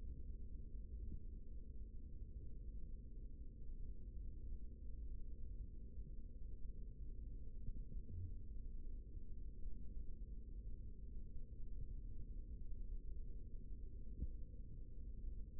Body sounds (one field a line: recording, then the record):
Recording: forearm muscle sounds (acoustic myography)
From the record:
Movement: rest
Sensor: system 3, bracelet of six PUI Audio POM-2738L microphones around the upper forearm, with dedicated amplification and filtering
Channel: 1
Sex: male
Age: 55 years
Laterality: right